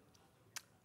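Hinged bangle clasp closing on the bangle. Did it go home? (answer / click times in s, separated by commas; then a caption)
yes / 0.6 s. A hinged metal bangle is fastened on a wrist, and its hinged clasp closes on the bangle. After a faint tick, a sharp click sounds at 0.6 s as the clasp clicks shut and seats into place.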